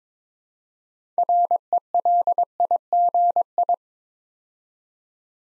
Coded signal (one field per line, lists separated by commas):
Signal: Morse code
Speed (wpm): 23 wpm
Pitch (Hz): 700 Hz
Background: none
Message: RELIGI